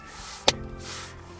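A rebuilt armrest assembly from a 2012 Acura TSX is set on top of the center console and pressed down. A single sharp snap is heard at 0.5 s over a faint steady background, and the armrest is seated in the console.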